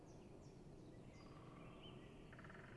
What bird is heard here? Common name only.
Great Spotted Woodpecker